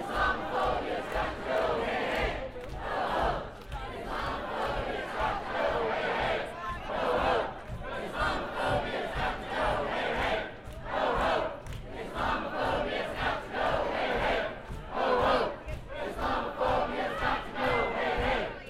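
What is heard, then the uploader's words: A dense crowd of protesters chants in loud, rhythmic waves inside a reverberant hall, voices shouting in unison with steady low rumble beneath. SeaTac Immigration/Travel Ban Protest. Field/protest recording Sea-Tac Airport, Seattle, WA. Source: DPA 4060 mics (used as binaural) -> Sound Devices 702. A medley of chants.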